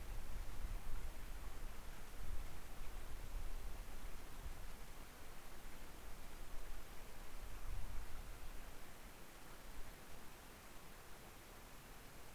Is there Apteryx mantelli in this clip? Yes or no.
no